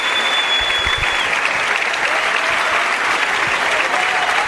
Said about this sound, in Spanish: se baja el telón, la gente aplaude a rabiar. Un Teatro Solís repleto, como decíamos anteriormente.